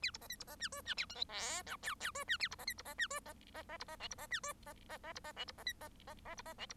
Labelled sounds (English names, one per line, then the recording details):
Bengalese Finch song
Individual Bird1